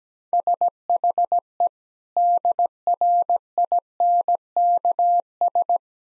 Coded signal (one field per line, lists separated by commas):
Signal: Morse code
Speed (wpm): 17 wpm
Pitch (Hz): 700 Hz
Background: none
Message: SHE DRINKS